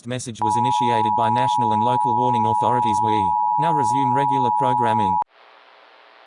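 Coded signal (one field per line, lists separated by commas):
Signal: Emergency Alert System (SAME) tones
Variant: 853 and 960 Hz attention tone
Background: speech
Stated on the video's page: Remake of the failed 2011 National EAS Test.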